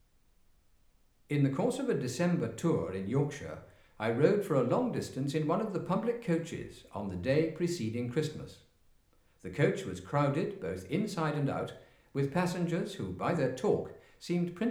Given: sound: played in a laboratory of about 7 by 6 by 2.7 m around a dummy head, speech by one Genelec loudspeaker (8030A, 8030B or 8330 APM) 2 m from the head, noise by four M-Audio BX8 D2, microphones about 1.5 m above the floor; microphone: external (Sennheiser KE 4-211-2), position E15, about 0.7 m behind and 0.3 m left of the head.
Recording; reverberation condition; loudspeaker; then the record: male speech in English; medium; behind (180 degrees)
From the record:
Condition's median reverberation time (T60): about 510 ms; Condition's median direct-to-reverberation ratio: about -0.5 dB